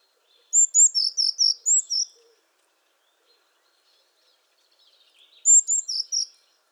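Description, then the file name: Eurasian blue tit repeats its phrase twice, high thin introductory notes followed by a quick series of lower notes, with a silent gap of about three seconds between. "Cyanistes caeruleus"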